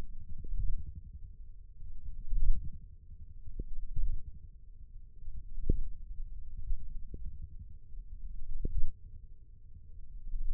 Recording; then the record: forearm muscle sounds (acoustic myography)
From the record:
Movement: thumb flexion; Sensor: system 1, eight BSWA MPA416 microphones around the upper forearm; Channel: 8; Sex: male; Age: 20 years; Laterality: left